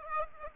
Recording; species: mosquito wingbeat signal from an infrared sensor; Aedes aegypti